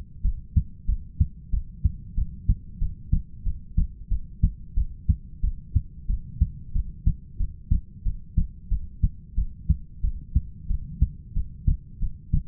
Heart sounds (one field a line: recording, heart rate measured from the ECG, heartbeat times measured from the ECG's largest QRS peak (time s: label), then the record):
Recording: heart sounds by stethoscope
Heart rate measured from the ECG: 92 bpm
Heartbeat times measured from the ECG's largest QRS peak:
0.23 s: heartbeat
0.87 s: heartbeat
1.52 s: heartbeat
2.16 s: heartbeat
2.80 s: heartbeat
3.45 s: heartbeat
4.10 s: heartbeat
4.76 s: heartbeat
5.42 s: heartbeat
6.08 s: heartbeat
6.74 s: heartbeat
7.39 s: heartbeat
8.05 s: heartbeat
8.70 s: heartbeat
9.36 s: heartbeat
10.02 s: heartbeat
10.69 s: heartbeat
11.35 s: heartbeat
12.01 s: heartbeat
From the record:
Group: heart failure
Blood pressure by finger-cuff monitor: 109/70 mmHg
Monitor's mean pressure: 83 mmHg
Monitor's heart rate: 91 bpm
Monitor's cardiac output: 7.7 L/min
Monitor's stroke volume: 84 mL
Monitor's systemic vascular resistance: 790 dyn s/cm5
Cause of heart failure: ischemic heart disease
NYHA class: 1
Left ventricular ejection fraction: 38%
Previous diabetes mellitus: present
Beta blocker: bisoprolol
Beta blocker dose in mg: 15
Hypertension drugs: sacubitril-valsartan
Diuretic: furosemide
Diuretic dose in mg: 20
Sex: male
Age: 33 years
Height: 172 cm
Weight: 78.5 kg